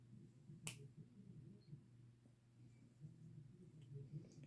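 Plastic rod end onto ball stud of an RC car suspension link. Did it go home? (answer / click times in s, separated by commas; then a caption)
yes / 0.7 s. A plastic rod end on an RC crawler 4-link suspension link is pressed onto a metal ball stud and snaps over the ball at 0.7 s with one sharp, bright pop, then the joint is seated. Only low background hum follows.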